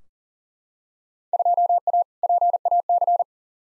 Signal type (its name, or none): Morse code